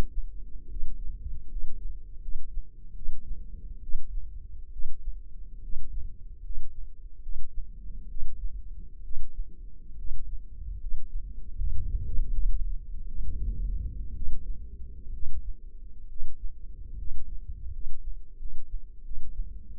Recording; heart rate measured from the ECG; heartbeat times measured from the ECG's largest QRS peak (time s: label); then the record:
heart sounds by microphone in the left ear; 72 bpm
0.70 s: heartbeat
1.50 s: heartbeat
2.21 s: heartbeat
2.95 s: heartbeat
3.82 s: heartbeat
4.72 s: heartbeat
5.63 s: heartbeat
6.43 s: heartbeat
7.22 s: heartbeat
8.09 s: heartbeat
9.03 s: heartbeat
9.97 s: heartbeat
10.79 s: heartbeat
11.57 s: heartbeat
12.31 s: heartbeat
13.06 s: heartbeat
14.15 s: heartbeat
15.12 s: heartbeat
16.08 s: heartbeat
16.97 s: heartbeat
17.71 s: heartbeat
18.38 s: heartbeat
19.03 s: heartbeat
19.78 s: heartbeat
From the record:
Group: healthy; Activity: rest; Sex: male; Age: 23 years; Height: 179 cm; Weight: 87 kg